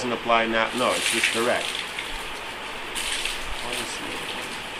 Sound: pouring water sound